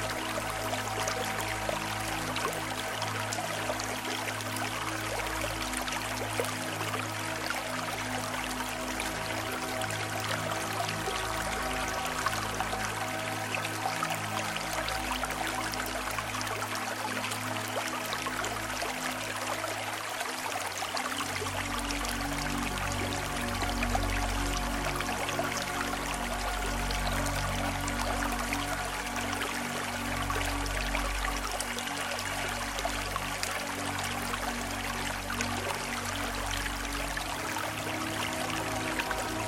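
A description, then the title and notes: A mountain stream pours and splashes in a dense, steady rush that fills the whole clip. Soft sustained melodic tones hum beneath the water, with a deeper low note settling in around the twenty-second mark and holding to the end. Serene mountain streams and tranquil melodies.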